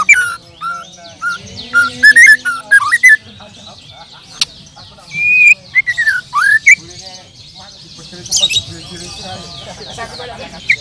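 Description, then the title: Bird song of scattered whistles and short warbled phrases at varying pitch, with some sliding notes and quiet gaps. "Kicau Burung"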